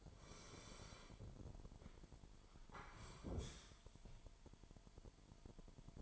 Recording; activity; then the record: daily activity, microphone in the room; sit down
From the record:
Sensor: 5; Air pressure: 998.6 hPa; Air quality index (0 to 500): 89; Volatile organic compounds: 2 ppm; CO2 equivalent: 1024 ppm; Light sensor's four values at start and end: 33/80/33/37 and 33/81/33/37